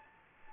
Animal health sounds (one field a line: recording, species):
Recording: mosquito wingbeat signal from an infrared sensor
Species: Anopheles gambiae